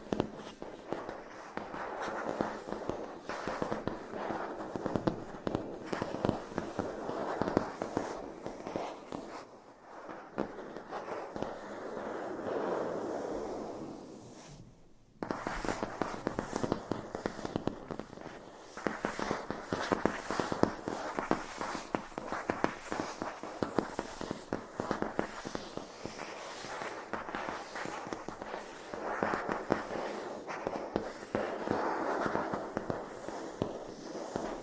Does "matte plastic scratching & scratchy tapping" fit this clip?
yes